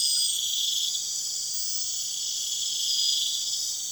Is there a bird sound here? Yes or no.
no